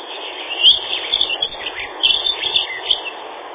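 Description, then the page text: Dunnock song, a quick jangly warble of thin high notes in short bursts lasting about three seconds, over a steady hiss. "Лесная завирушка — Prunella modularis"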